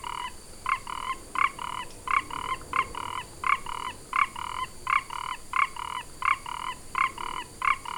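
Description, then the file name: Four-ridged toad calling: short buzzy croaks in closely spaced pairs, repeated steadily about every two-thirds of a second, with a faint high hum in the background. "Ingerophrynus quadriporcatus"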